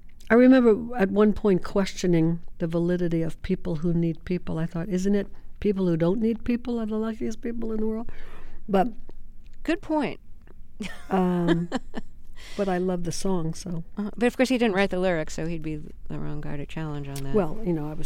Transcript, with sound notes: I remember at one point questioning the validity of "People Who Need People." I thought isn't it people who don't need people are the luckiest people in the world? But...
Good point.
(LAUGHTER)
But I loved the song, so.
But of course he didn't write the lyrics so he'd be the wrong guy to challenge on that.